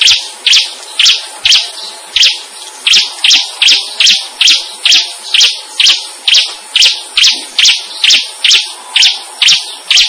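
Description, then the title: Bird giving bright, high chirps repeated steadily about twice a second throughout, each note short and sharp, with a constant faint high-pitched hiss behind. "SuaraBurung Kicau"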